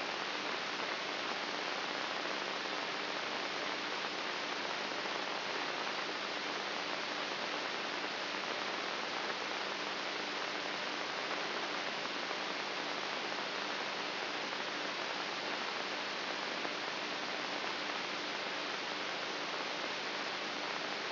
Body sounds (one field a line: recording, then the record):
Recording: brain microelectrode recording played as sound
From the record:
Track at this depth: inside the subthalamic nucleus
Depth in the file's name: 5.64 mm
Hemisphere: right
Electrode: 3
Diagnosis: Parkinson's disease